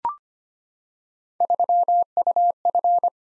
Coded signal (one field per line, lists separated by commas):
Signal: Morse code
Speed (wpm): 25 wpm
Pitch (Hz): 700 Hz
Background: none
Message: 3UF